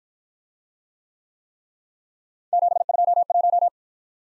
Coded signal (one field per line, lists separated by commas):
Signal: Morse code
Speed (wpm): 52 wpm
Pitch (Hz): 700 Hz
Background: none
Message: 721